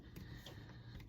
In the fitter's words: that's snapping in